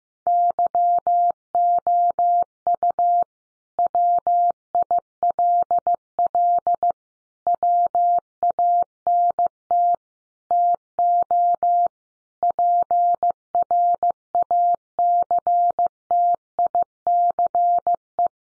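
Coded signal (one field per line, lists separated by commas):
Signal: Morse code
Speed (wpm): 15 wpm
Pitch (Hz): 700 Hz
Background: none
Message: YOU WILL WANT TO PRACTICE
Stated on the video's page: Morse sentence drill built from the top 700 words, sent at 15 wpm for head-copy practice; each sentence is sent, spoken, then sent again.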